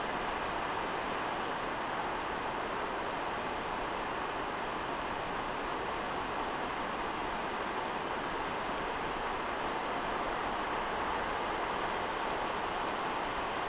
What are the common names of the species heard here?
none